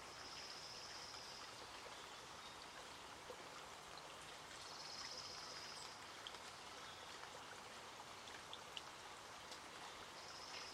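Steady, dense patter of rain at Hoyt Arboretum in Portland, Oregon, with a thin high trill rising three times and occasional drips.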